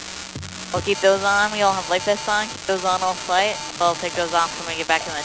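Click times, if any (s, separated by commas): 0.5 s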